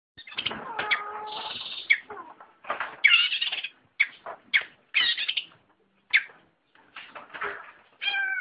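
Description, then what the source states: Long-tailed shrike song of varied sounds: buzzy bursts, clear whistled tones, harsh notes, and a final harmonic call, with brief pauses between. Combination (kombinasi) song style.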